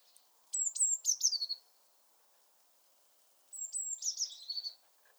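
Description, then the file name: Eurasian blue tit calling: two high, thin bursts, each a couple of sharp notes followed by a quick descending chatter, separated by about two seconds of quiet. "Cyanistes caeruleus"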